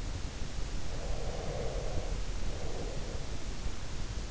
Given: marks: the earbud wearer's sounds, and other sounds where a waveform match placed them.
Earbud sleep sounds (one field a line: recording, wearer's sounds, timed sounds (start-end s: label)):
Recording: sounds in sleep by an in-ear microphone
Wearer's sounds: breath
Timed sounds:
0.66-3.78 s: breath